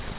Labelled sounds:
Grace's Warbler (Setophaga graciae) flight call

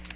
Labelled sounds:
Chestnut-sided Warbler (Setophaga pensylvanica) flight call

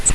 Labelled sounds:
Grace's Warbler (Setophaga graciae) flight call

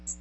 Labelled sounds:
Magnolia Warbler (Setophaga magnolia) flight call

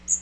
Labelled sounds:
Magnolia Warbler (Setophaga magnolia) flight call

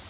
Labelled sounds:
Northern Parula (Setophaga americana) flight call

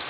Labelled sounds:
Blackpoll Warbler (Setophaga striata) flight call

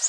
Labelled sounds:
Orange-crowned Warbler (Leiothlypis celata) flight call

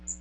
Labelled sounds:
Magnolia Warbler (Setophaga magnolia) flight call

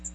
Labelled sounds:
Magnolia Warbler (Setophaga magnolia) flight call

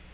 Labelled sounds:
Black-throated Green Warbler (Setophaga virens) flight call

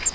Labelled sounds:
Grace's Warbler (Setophaga graciae) flight call

